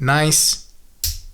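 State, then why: Seated. Someone talks briefly, then a double push-button fold-over deployment clasp on a watch's rubber strap is closed and latches with a sharp click at 1.0 s. The clasp snaps shut and is seated, giving a satisfying click that gives a sense of security.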